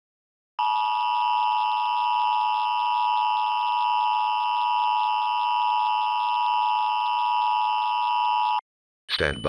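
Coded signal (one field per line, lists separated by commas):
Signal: Emergency Alert System (SAME) tones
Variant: 853 and 960 Hz attention tone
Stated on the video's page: Fictional April Fools EAS scenario with valid EAS tones, made with Audacity and DASDEC Kal Voice.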